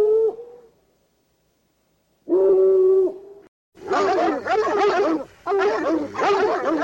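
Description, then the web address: Dog howls, two long wavering tones separated by silence, followed by a dense burst of several dogs barking and yelping together. "Sounds Halloween Haunted House Dogs"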